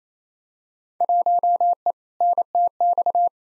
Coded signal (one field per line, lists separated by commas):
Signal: Morse code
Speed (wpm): 27 wpm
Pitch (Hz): 700 Hz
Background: none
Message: 1E NTX